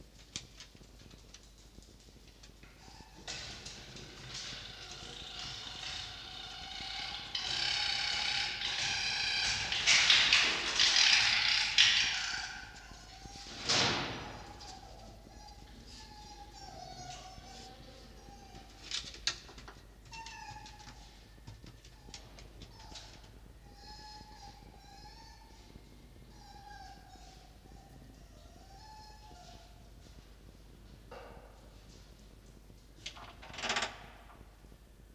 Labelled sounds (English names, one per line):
Red Fox